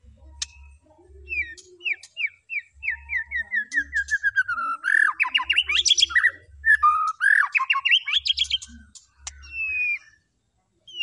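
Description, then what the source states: White-rumped shama song: a descending series of short whistled notes, then rich rapid chattering phrases and loud bursts of notes. Lure song to make the bird respond; bird described as gacor (singing constantly).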